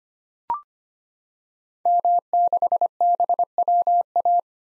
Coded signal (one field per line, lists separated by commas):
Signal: Morse code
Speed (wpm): 25 wpm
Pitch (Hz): 700 Hz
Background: none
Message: M6BWA